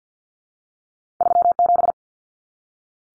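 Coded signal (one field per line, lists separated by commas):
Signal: Morse code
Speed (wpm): 50 wpm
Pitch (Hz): 700 Hz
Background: none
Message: 37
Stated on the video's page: Head-copy drill of two-digit numbers at 50 wpm, each sent in Morse, spoken, then sent again.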